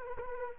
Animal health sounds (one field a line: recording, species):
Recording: mosquito wingbeat signal from an infrared sensor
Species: Anopheles arabiensis